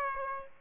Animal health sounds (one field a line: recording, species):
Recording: mosquito wingbeat signal from an infrared sensor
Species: Aedes aegypti